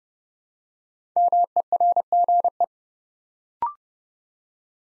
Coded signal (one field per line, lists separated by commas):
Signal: Morse code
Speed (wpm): 30 wpm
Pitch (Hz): 700 Hz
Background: none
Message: MERGE